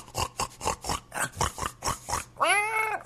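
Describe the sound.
A voice imitates a pig, giving about eight quick, rhythmic snorting grunts, then ending in a loud, drawn-out squeal that rises and falls in pitch.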